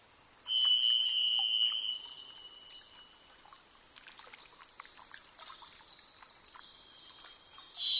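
Varied thrush song: a long, steady, slightly buzzy whistled note held for over a second, then a new note at a different pitch begins at the end, over continuous stream noise.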